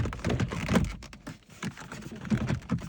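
A plastic gear shifter console trim panel on a Honda Ridgeline is slid into the center console and pushed down during reinstallation. Short plastic tapping and rubbing sounds are heard as the panel is handled, with brief clicks between 0.1 and 0.8 s. Nothing has seated or snapped home yet.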